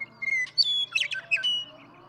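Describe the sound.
Western meadowlark song: clear whistled notes, then a quick gurgling jumble of notes and a final sustained whistle.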